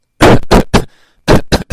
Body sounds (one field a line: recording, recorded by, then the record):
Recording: voluntary cough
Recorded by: messaging app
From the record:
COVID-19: negative